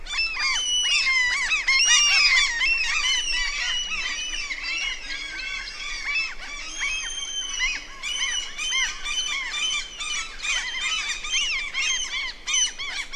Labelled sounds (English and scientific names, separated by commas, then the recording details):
Common Gull (Larus canus) call
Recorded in the wild
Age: adult
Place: Halbinsel Kindo, Karelien, RU
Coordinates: 66.5353, 33.0664
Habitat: lake
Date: 1994-06-23 16:47
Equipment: Sony TCD-D3, Sennheiser ME 80, K 30 AV (I), Windschutz
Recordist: Frommolt, Karl-Heinz